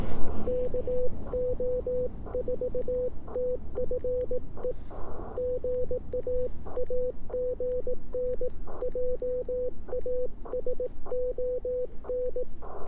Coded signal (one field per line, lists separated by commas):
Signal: Morse code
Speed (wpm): 18 wpm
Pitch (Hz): 500 Hz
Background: none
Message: KO4TFE GA AGN JASON